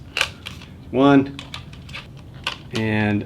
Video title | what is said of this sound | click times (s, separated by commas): How-to Replace Incandescent Bulbs with LED Motion Lights | right in there, and you should hear it snap into place. One | 0.2 s